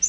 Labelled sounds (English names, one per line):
Yellow-rumped Warbler flight call